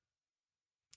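On a 2014 Dodge Avenger during a valve cover gasket replacement, a gray ignition coil pack electrical connector with a broken housing is lined up by hand and pushed onto the coil pack, with its orange locking tab still to be pushed in. After near silence, a single sharp tick sounds at 0.9 s as the connector seats in place.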